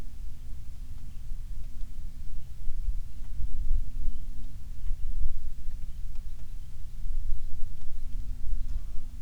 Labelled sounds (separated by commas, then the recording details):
songbird, rain
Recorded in the Prudhoe Bay oil fields, Alaska, on 27 July 2019 at 18:48
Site 19